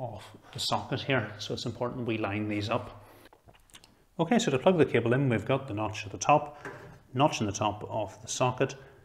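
A PSU CPU power cable is handled at the motherboard power socket, with the notch on the plug lined up to the notch in the socket, while someone talks. A few faint ticks and handling sounds come between 3.3 and 3.8 seconds during a pause in the talk. Nothing has seated or clicked yet.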